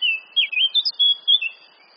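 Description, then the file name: Eurasian blackcap: a short sequence of several clear, fluty, slurred whistled notes. "Sylvia atricapilla"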